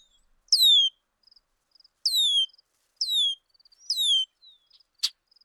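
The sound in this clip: Bird song: rich falling whistles repeated about once a second, with tiny faint pips between and a sharp click near the end.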